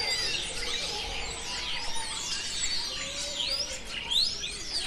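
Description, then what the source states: Birds: bird chorus of bright, sliding whistles and rapid chirps, dense and overlapping, with a soft low drone underneath. Birds recorded in a city.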